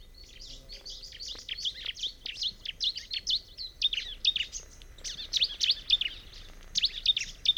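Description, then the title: Bar-winged prinia delivering a lively stream of high, twittering chirps, nearly continuous, with sharper emphatic notes toward the end. "Ciblek Pro"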